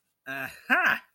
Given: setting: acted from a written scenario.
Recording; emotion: vocal sound without words; realization